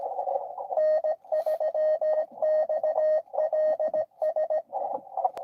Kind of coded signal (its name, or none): Morse code